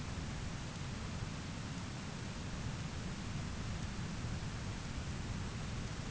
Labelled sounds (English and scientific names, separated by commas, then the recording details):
none
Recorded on Arctic tundra, site ZACK-1, on 13 June 2019
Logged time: 09:49